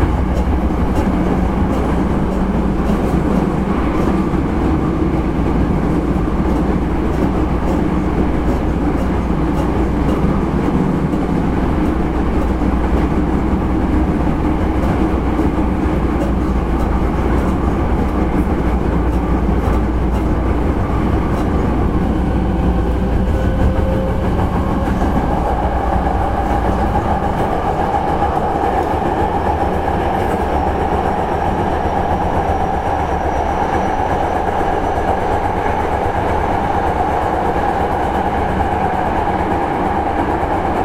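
A Hankyu 9300 series train runs on a Kyoto Line limited express, its steady, dense rumble filling all forty seconds. Rapid rail-joint clacks tick through the first half. Around 27 seconds the deep roar thins and a brighter motor whine rises.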